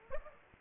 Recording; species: mosquito wingbeat signal from an infrared sensor; Aedes aegypti